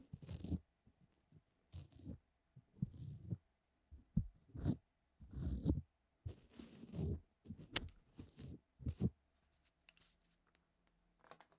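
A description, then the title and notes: Muffled ear-cleaning scrapes and rubs come in short bursts about once a second, deep and thumping with crisp crackles, fading quieter near the end. ASMR DEEP Ear Cleaning No talking 시원한 모래 귀청소.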